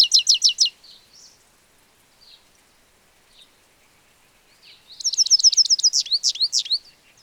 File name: Carduelis carduelis